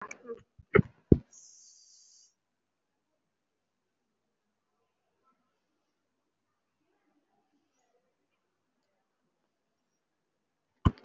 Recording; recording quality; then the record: deep breathing; moderate, slight background noise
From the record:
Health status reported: respiratory illness, not identified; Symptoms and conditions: breathing difficulty, another respiratory illness, hypertension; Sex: female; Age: 61 years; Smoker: no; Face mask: worn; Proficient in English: no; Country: India